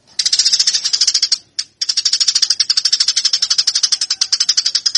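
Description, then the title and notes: Eurasian tree sparrow song of rapid, harsh chirps repeated in a dense stream, broken once by a short gap, then resuming just as fast and insistent. Fighting-style (tarung) song, used as a master for training birds. "MASTER GEREJA TARUNG 1. burung gereja"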